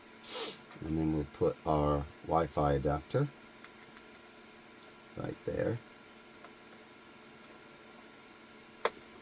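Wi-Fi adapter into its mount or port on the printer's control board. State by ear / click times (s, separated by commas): seated / 8.8 s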